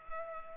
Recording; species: mosquito wingbeat signal from an infrared sensor; Culex pipiens